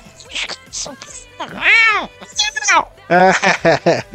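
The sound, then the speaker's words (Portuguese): A human voice mimics an irritated cat being picked up for a hug, letting out a few loud, drawn-out meows that rise and fall in pitch, mixed with short grumbling vocal noises. “E já chega dando um abraço, ela gosta de abraço, ela é um gato, cara, quando pega gato pra abraçar, o gato...”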